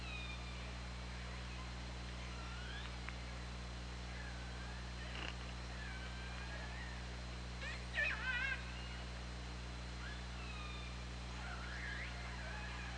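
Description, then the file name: Orca calls, several sweeping rising and falling tones throughout, with a brief burst of clicks near the middle, over a constant low underwater hum. Recorded on the OrcaLab hydrophone on 24 August 2017 at 20:47. "Orca Lab UTLN 20170824 204759"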